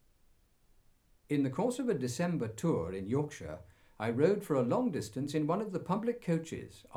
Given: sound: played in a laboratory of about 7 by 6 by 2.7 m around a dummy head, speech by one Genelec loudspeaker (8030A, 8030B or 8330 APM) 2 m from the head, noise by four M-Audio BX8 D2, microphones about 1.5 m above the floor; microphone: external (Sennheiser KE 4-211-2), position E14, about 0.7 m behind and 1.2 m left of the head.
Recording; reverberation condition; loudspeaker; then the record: male speech in English; low; 150 degrees to the left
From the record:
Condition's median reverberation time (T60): about 310 ms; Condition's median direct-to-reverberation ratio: about 3.5 dB